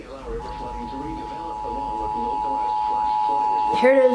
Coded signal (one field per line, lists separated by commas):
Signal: Emergency Alert System (SAME) tones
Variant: 853 and 960 Hz attention tone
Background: speech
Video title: Severe Thunderstorm Warning (EAS 49) Part 2